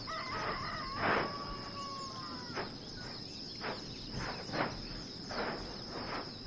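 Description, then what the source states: Bird giving a drawn-out, wavering harmonic call that trails off downward, then irregular noisy bursts beneath a steady high-pitched hum. Recorded at Kilauea Volcano, Hawaii, on 22 May 2018 at 11 am.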